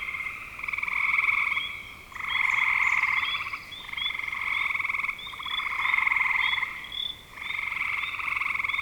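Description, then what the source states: Frogs trilling in bursts, a rough pulsed croaking that swells and fades, with short rising chirps scattered over the chorus. Frogs calling in spring 2025.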